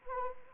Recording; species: mosquito wingbeat signal from an infrared sensor; Anopheles arabiensis